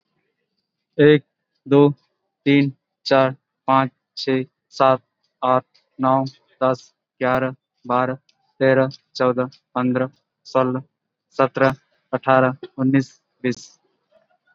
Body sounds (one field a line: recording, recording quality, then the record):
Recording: counting at a normal pace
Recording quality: excellent, no background noise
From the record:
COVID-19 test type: RT-PCR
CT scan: not taken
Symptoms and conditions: none ticked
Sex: male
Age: 18 years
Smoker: no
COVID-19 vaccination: both doses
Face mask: worn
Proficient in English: yes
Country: India